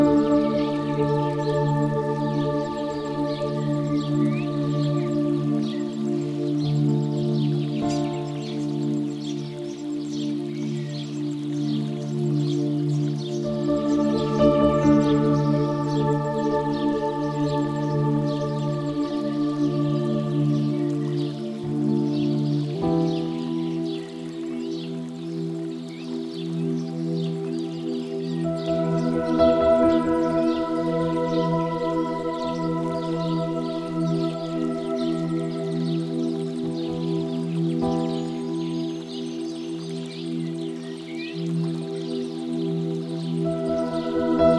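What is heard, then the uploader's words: Soft, sustained music of low, ringing drone-like tones holds steady chords, shifting to a new chord around the 23-second mark and again near 29 seconds. Faint, thin bird chirps flicker high above throughout, and the level stays even and calm. Relaxing piano music.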